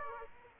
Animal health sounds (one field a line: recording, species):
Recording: mosquito wingbeat signal from an infrared sensor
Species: Aedes aegypti